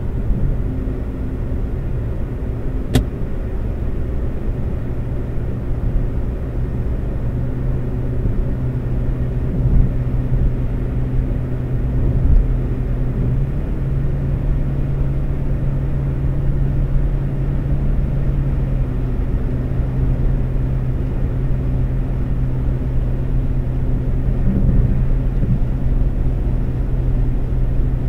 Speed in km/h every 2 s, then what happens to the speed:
119, 121, 122, 122, 124, 126, 127, 129, 130, 132, 132, 132, 132, 132.
0-28 speeds up to 132.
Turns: none.